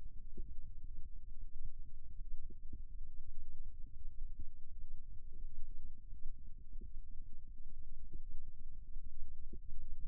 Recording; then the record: forearm muscle sounds (acoustic myography)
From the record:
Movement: rest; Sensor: system 2, bracelet of six BSWA MPA416 microphones around the upper forearm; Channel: 3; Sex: male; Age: 22 years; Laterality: right